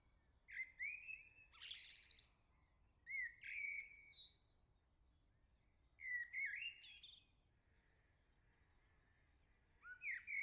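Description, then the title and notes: Common blackbird song: low fluted warbled phrases ending in high squeaky twitters, delivered in several bursts with pauses between. Singing close by on the morning summer arrived, La Jarrie, France; recorded with SD MixPre-6 II, MS MKH40/30 in Cinela PIA2. "Le Merle salue l'été, 3 Gd Rue de Chassagne, 17220 La Jarrie, France. Quel Sol!!!! pour saluer l'arrivée de l'été ce matin! Merci Jolie Merle de tes vocalises à proximité!"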